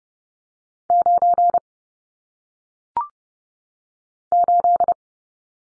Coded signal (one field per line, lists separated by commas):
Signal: Morse code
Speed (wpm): 30 wpm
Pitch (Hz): 700 Hz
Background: none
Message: 9 8